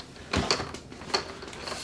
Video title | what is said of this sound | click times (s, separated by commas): Laptop Screen Replacement/ Laptop Screen | There you go, you hear the little click. | 0.3 s, 0.5 s, 1.2 s